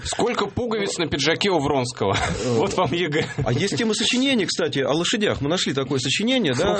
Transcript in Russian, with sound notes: Сколько пуговиц на пиджаке у Вронского? Вот вам ЕГЭ (смеется)
А есть темы сочинений, кстати, о лошадях. Мы нашли такое сочинение, да?